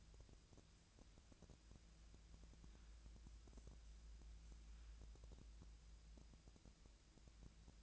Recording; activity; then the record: daily activity, microphone in the room; wipe stove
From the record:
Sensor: 2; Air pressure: 1000.4 hPa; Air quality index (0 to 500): 162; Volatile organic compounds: 3 ppm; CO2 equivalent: 1340 ppm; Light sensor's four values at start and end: 10/24/10/11 and 10/24/10/11